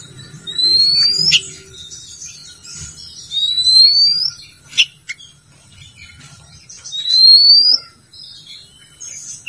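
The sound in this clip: Oriental magpie-robin song: three clear upslurred whistles about three seconds apart, with faint chirps and clicks between them.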